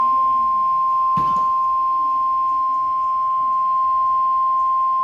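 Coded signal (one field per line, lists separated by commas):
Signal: Emergency Alert System (SAME) tones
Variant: 1050 Hz attention tone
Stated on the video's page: Flash flood warning from a weather radio station, captured on radio and TV.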